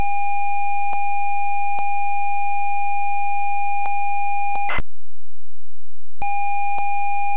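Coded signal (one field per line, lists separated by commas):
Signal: ZX Spectrum tape loading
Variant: Haxpoc-Lock custom loader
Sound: steady high pilot tone, a short harsh burst, a gap of silence, then the tone again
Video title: Haxpoc-Lock Encoding Scheme - Star Wars ZX Spectrum Loading Screen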